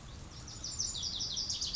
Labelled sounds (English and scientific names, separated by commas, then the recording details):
Lazuli Bunting (Passerina amoena)
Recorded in Sonoma County, California